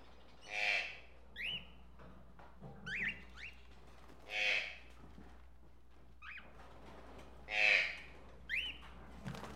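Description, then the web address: Tropical birds alternating loud, rasping squawks with short, upslurred whistles at irregular intervals, against a steady low hum. Various tropical birds in a pet shop. "birds various tropical birds in a pet shop animal ambience"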